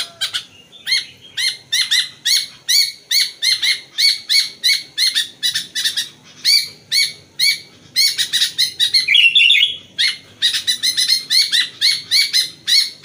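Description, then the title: Sooty-headed bulbul giving a fast, steady stream of harsh, stacked chattering notes with a brief bubbly phrase in the second half. "Kutilang"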